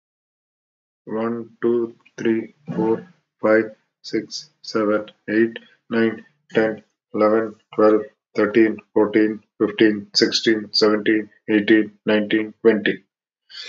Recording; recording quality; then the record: counting at a normal pace; excellent, no background noise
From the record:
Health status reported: recovered from COVID-19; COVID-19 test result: positive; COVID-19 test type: RT-PCR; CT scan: not taken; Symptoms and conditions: cough, another respiratory illness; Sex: male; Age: 53 years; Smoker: no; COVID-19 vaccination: both doses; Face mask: not worn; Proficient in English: yes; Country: India